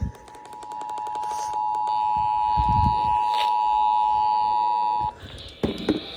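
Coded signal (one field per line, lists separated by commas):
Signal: Emergency Alert System (SAME) tones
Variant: 853 and 960 Hz attention tone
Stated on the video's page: Child abduction emergency alert received on FM radio.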